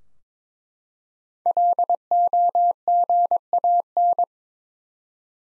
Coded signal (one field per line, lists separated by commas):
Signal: Morse code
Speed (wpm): 22 wpm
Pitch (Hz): 700 Hz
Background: none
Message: LOGAN